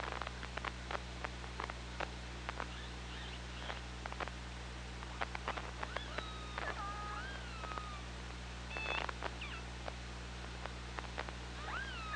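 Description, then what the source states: Killer whale making long trains of sharp clicks, broken midway by several wavering tonal calls and a few rising whistles near the end, over constant low hum. OrcaLab hydrophone, 24 August 2017, 15:51.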